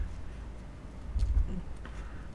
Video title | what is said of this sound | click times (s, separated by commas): Samsung Galaxy S4 Mega Charge Port Replacement - MTRS | little on board coaxial click i feel it click that makes me happy | 1.9 s